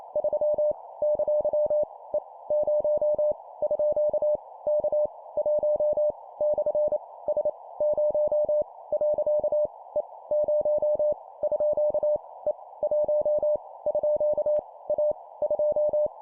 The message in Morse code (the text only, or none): 3 ! E 0 _ K 1 / S 0 . E 0 _ E 1 _ A 2